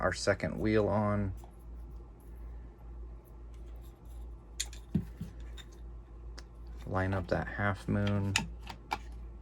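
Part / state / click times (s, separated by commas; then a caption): plastic wheel pin through the second wheel into the model locomotive / seated / 8.9 s. Someone talks while a printed plastic wheel pin, its half-moon shape lined up, is pushed through the second big wheel of a model locomotive, with small clicks and taps in between. The pin snaps into place with a sharp click at 8.9 s.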